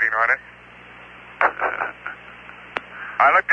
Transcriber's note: laughter